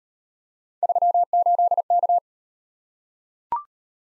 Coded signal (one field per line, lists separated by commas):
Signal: Morse code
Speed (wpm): 38 wpm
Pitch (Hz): 700 Hz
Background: none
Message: 38K